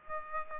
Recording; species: mosquito wingbeat signal from an infrared sensor; Aedes aegypti